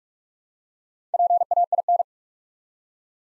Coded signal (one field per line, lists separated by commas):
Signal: Morse code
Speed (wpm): 44 wpm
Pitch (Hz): 700 Hz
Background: none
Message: PAIN